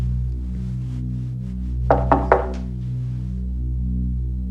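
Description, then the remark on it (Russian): Three quick, firm knocks on hotel room door number 114, evenly spaced in a short burst, heard over a steady low hum with no voices. “Мордехай подходит к 114 номеру и стучит.”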